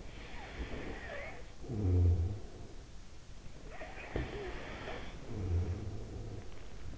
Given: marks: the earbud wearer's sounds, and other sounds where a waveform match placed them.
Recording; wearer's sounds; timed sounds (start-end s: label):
sounds in sleep by an in-ear microphone; snoring breath, breath
0.04-2.72 s: snoring breath
3.24-6.98 s: breath